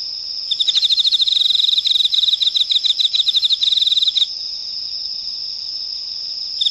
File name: エンマコオロギ